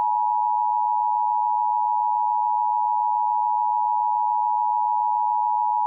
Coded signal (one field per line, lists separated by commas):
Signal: Emergency Alert System (SAME) tones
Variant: 853 and 960 Hz attention tone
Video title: EricGo! EAS test